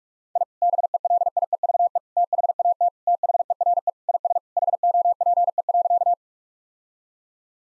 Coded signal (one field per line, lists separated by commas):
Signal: Morse code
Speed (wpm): 46 wpm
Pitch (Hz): 700 Hz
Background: none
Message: I BELIEVE THAT THERE IS HOPE.